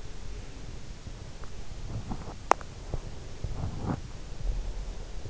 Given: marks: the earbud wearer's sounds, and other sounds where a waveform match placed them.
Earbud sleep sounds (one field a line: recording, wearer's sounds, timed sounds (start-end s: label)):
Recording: sounds in sleep by an in-ear microphone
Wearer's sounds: breath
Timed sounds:
2.60-3.74 s: breath